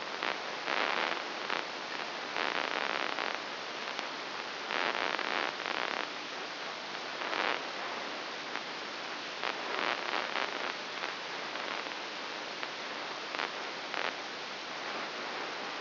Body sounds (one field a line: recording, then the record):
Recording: brain microelectrode recording played as sound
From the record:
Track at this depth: inside the subthalamic nucleus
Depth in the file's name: 4.002 mm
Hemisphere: right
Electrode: 3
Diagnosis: Parkinson's disease